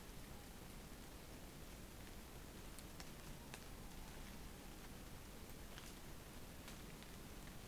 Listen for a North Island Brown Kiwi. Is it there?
no